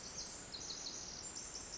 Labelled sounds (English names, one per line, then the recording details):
Pacific Wren
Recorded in Sonoma County, California